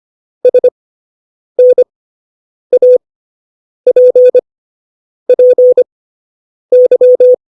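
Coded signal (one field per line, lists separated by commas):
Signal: Morse code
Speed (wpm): 25 wpm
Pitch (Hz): 500 Hz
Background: none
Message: SNAPPY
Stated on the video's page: Morse lesson teaching letters E, O, A and I.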